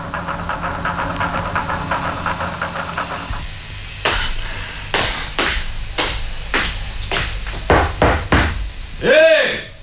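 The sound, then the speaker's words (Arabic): Loud, sharp knocks strike the door of Zeus's dwelling in an uneven series after a stretch of low rumbling hiss, some blows doubled, ending with a brief ringing, resonant clang. “ألم يفتح لي أحد الباب؟”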